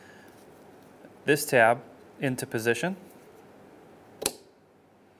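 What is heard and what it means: A wiper blade for a 2007-2015 Mazda CX-9 is rotated down into the rear wiper arm while someone talks. At 4.3 s, a single sharp click is heard as the blade's plastic locking tab snaps into position in the arm, and the blade is seated.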